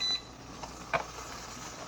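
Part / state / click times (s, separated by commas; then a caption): pressure regulator onto electric pressure canner lid / seated / 0.9 s. A fitting, likely the pressure regulator, is pushed onto the lid of an electric pressure canner. After a short beep at the start and a quiet stretch, a single sharp pop is heard at 0.9 s as it seats into place.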